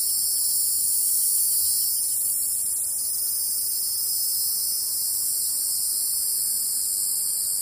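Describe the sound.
Cicada song as an unbroken, shrill buzzing drone, even in pitch and loudness throughout.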